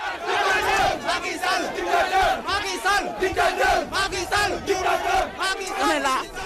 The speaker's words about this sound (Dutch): In de hoofdstad Dakar vuurden veiligheidstroepen gisteren traangasgranaten af op mensen die daar aan het protesteren waren en die Macky Sall dictator schreeuwden.